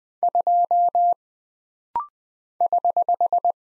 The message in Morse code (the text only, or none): 2 <HH>